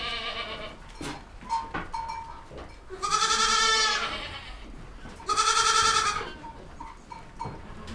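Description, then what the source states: Goats bleating, two long loud quavering bleats around three and five seconds, with fainter bleats and sharp knocks between them. Goats recorded in a goat stable.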